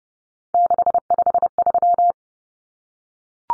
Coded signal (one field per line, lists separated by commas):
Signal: Morse code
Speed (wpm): 30 wpm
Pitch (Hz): 700 Hz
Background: none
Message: 653